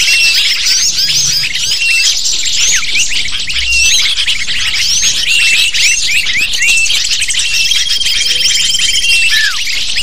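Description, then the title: Lovebirds chattering in a dense flock, shrill high chirps and short rising and falling squeaks overlapping continuously, with a few thin sustained whistled tones. Calls used as a lure (pikat) to attract lovebirds. "PIKAT BURUNG LOVEBIRD"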